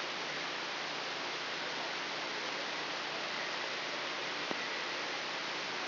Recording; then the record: brain microelectrode recording played as sound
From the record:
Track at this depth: inside the subthalamic nucleus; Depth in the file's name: 3.908 mm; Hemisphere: left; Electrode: 3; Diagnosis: Parkinson's disease